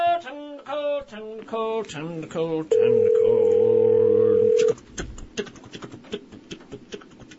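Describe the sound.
A loud, steady telephone dial tone hums at one flat pitch for about two seconds as a phone call is being placed, preceded by someone talking and followed by quick clicks and more voices.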